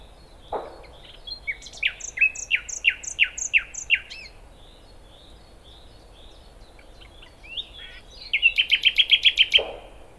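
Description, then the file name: Common nightingale song: a steady series of repeated rising whistled notes, a pause, then a fast ringing trill of sharp pulses. "Luscinia megarhynchos"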